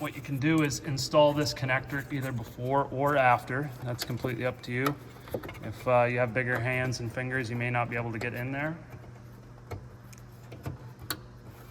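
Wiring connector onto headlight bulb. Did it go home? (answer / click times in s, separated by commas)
yes / 11.1 s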